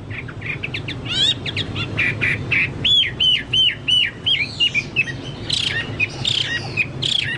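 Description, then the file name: Chinese hwamei song: varied whistled phrases, then a run of repeated slurred notes and rapid trilled bursts, over a steady low hum. "hwamei-2-omkicau"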